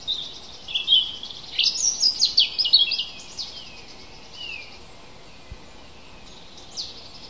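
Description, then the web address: Bird song: a quick run of high, sharp notes with sweeping slurs, followed by a few fainter chirps. Native bird recorded in forest in April. "oeko wald-1 vogel april vogel 32 heimisch kurz"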